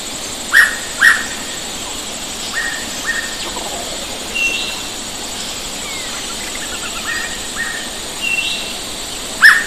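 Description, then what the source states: Hooded pitta calls: a loud pair of whistles near the same pitch, half a second apart, then fainter doubled whistles, a louder note at the end and thin higher notes, over steady insect hiss. Recorded 4 February 2005.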